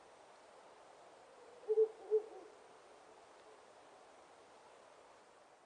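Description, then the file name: Ural owl hooting: two short, low, soft notes in quick succession against faint background hiss. "fukurou"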